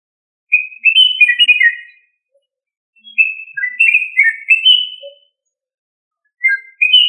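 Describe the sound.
Australorp chicken uttering clustered high chirps that slide downward, in bursts of about one to two seconds with pauses between them.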